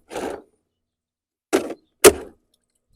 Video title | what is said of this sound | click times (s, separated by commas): 3 Things You Need to Know About SMONET Robot Pool Skimmer | all right I heard a click so it seems like it's in there | 2.0 s